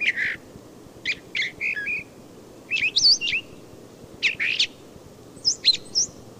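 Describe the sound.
Brown thrasher delivering several distinct phrases of chips, slurs and high whistles, with a varied pattern throughout.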